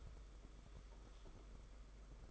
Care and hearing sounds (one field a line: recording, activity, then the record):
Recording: daily activity, microphone in the room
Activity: take from stove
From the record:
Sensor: 5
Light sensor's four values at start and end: 33/105/40/42 and 33/106/40/43